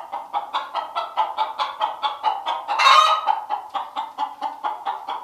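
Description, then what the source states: Chicken clucking in a steady, rapid series of about three short clucks per second, with one louder, harsher squawk midway through. Hen.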